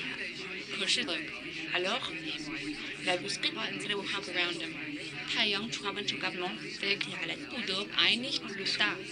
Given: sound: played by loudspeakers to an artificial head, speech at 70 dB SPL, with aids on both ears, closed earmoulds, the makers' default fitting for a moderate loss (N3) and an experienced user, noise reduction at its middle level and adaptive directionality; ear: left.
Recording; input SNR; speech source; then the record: speech test signal (ISTS) in cocktail-party noise; 0 dB; in front (0 degrees)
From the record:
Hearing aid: class 2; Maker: D